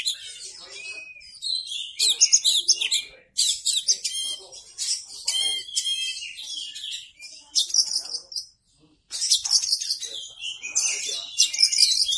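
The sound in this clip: Oriental magpie-robin singing a long, varied, high-pitched song of rapid chirps, trills and sweet whistles in bursts, pausing briefly before resuming.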